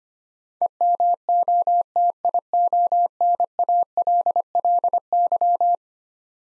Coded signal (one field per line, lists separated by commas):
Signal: Morse code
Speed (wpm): 25 wpm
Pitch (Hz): 700 Hz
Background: none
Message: EMOTIONALLY